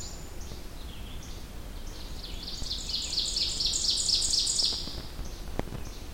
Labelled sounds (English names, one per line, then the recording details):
Ovenbird song
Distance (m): 25 m
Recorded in boreal forest in Alberta, Canada, on 21 June 2016 at 06:51
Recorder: SongMeter 3, array SBT-6-81
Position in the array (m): 32 m, 95 m
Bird 24